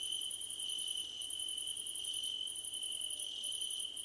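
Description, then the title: Crickets: fast pulsing very high trills stop and restart roughly every second, over a steady shrill background hum. Crickets at night under a starlit sky. "Nighttime Ambience with Crickets"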